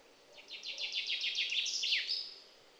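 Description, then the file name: Common chaffinch giving one short song, a run of repeated notes dropping in pitch and ending in a brief flourish, over light background hiss. "Fringilla coelebs"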